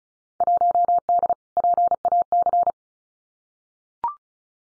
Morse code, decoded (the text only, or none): 1D PAC